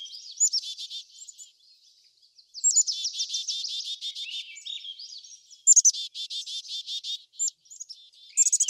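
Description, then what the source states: Birds singing in bursts of high, rattling trills and sharp chirps, with quieter gaps between phrases. Birds in a backyard; ambient nature sounds.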